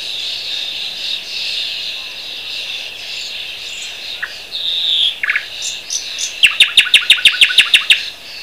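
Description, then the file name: Thrush nightingale song ending in a fast, loud series of about ten sharp clicking notes, preceded by a few scattered notes over a dense, continuous chorus of other birds. Recorded at Bergen. "Sprosser Bergen"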